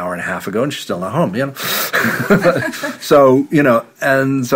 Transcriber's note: laughs